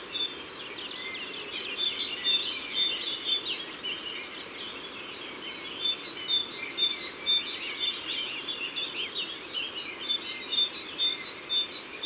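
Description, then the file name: Great tit song, bright two-note phrases repeated in quick series, pausing and starting again, over steady background hiss. Isère, France. "Mesange-charbonniere-Concerts-naturels-de-l Isere-Studio-Les-Trois-Becs"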